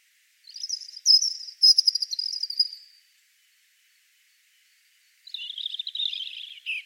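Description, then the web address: European robin with two high, rippling warbled phrases, the first shrill and trilled, the second lower and liquid, split by a silent gap. "cianscape birddata Deverinetal 2025 Bird Only Er Ru"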